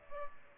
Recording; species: mosquito wingbeat signal from an infrared sensor; Culex pipiens